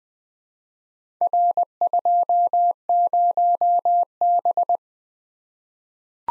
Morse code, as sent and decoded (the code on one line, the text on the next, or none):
.-. ..--- ----- -...
R20B